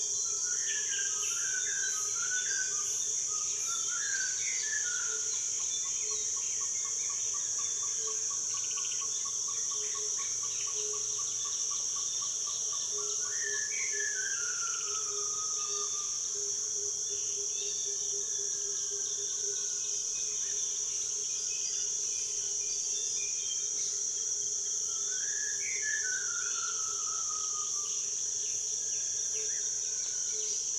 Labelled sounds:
Blue-shouldered Robin-chat
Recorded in Kibale, Uganda

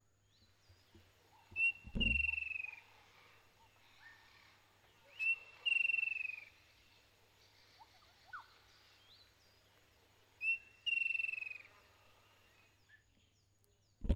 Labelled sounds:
Striped Kingfisher
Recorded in northern Uganda

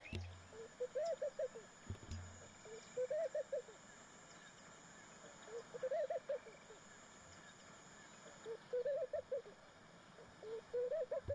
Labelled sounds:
Laughing Dove
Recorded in northern Uganda

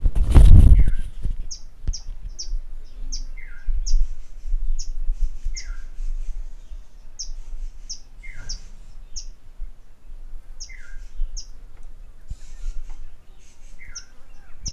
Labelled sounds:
Malachite Kingfisher
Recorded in northern Uganda

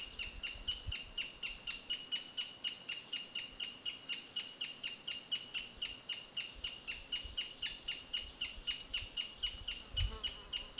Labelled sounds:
Crowned Hornbill
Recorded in Kibale, Uganda

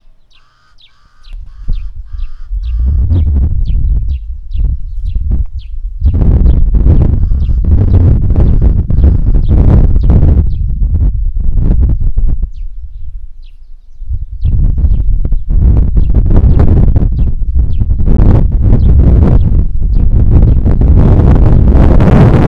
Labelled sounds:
House Sparrow
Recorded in northern Uganda

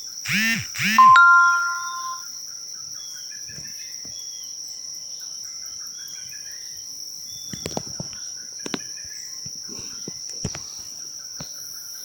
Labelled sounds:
Jameson's Antpecker
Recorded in Bwindi, Uganda

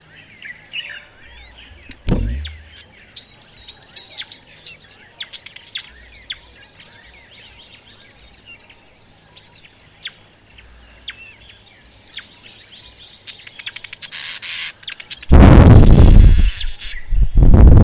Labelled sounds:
Vitelline Masked-Weaver
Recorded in northern Uganda

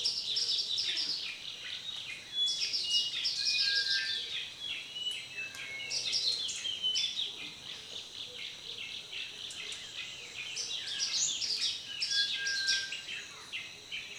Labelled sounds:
Buff-throated Apalis
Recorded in Kibale, Uganda

